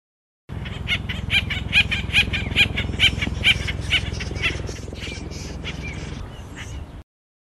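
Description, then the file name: Acorn woodpecker giving a repeated series of nasal notes roughly twice a second, which tails off later, against a continuous low background rumble. Call and song. "burung pelatuk acorn call song omkicau"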